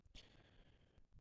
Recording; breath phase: one breath near a microphone; inhalation